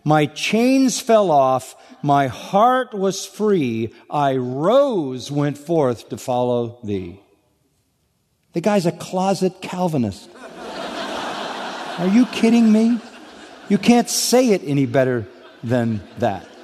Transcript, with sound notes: My chains fell off, my heart was free, I rose, went forth to follow Thee.” The guy is a closet Calvinist! (Laughter) Are you kidding me!? You can’t say it any better than that.